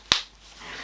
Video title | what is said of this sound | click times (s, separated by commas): BONNY BOTS CLOTH NAPPY - REUSABLE NAPPIES REVIEW - ALINA GHOST | and they've got that satisfying click as well, | 0.1 s